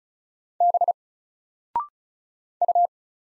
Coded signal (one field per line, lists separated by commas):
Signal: Morse code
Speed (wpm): 36 wpm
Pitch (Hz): 700 Hz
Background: none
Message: B U